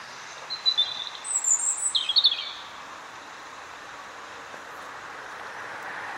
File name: Erithacus rubecula